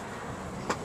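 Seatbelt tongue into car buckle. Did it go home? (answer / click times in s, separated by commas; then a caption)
yes / 0.7 s. A seatbelt tongue is pushed home into a car buckle, making a short, sharp click at 0.7 s over a steady low background hum. The buckle is seated.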